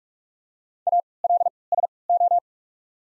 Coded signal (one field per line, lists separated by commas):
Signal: Morse code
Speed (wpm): 44 wpm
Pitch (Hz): 700 Hz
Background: none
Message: A L S O